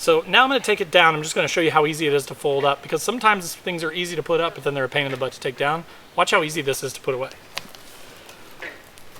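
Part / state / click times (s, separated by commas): folding chair strut button lock / released / 7.6 s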